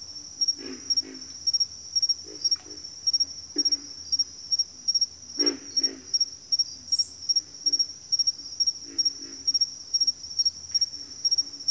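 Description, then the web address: Pig frog calling with deep, coarse grunts in quick pairs and triplets, spaced irregularly, while a constant shrill insect hum runs underneath. Several pig frogs in a bayou. "The Natural Sounds of the Wilderness. Echoes of Nature - Bayou. Pig Frogs"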